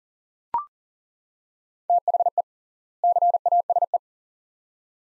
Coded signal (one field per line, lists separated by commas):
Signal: Morse code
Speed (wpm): 37 wpm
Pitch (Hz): 700 Hz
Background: none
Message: THE CASE